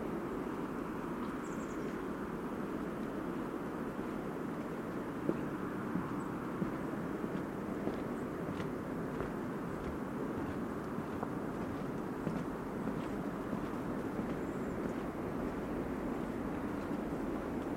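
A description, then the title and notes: A steady, dense roar on the Pacific coast at Cape Disappointment, Washington, held at an even level for the whole 18 seconds, weighted low to middle with a softer hiss above. Faint small ticks surface now and then, near 5, 6.5 and 12 seconds. Recorded August 25th, 2022 at Cape Disappointment on the Pacific Coast in Washington.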